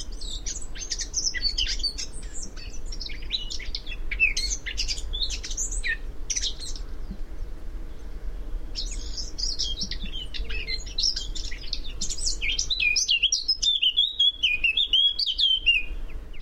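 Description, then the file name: Eurasian blackcap song, hurried chattering warble with sharp high notes, a short gap, then more warbling ending in clear descending fluted whistles, over low rumbling background. "Sylvia atricapilla"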